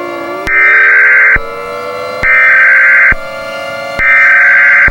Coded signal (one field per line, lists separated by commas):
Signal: Emergency Alert System (SAME) tones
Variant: header bursts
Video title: War of the worlds in Oklahoma 2005￼ eas scenario ￼Halloween special